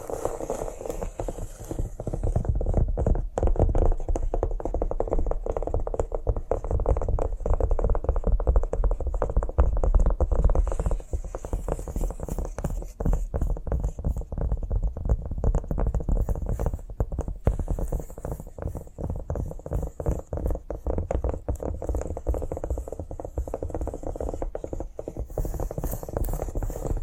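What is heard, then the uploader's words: Cork triggers: a steady, dense stream of small taps, scratches and crackles, packed closely together for the whole stretch with little pause. A low rumble and a thin, faint hiss sit underneath, and the level stays fairly even throughout. ASMR Cork Triggers. (No Talking).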